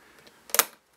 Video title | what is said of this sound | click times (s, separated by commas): How to Change the Hard Drive and RAM on a HP G60 Laptop | I want to show you something here when I you're going to hear some clicking | 0.5 s, 0.6 s